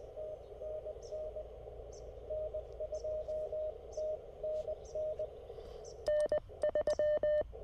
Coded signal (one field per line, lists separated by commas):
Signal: Morse code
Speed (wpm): 20 wpm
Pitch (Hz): 600 Hz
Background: none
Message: TNN N2TNN N3